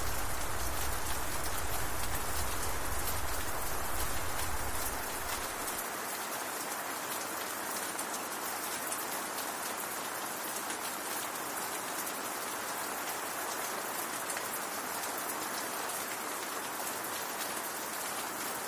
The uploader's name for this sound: Rain On Castle With Thunder And Lightning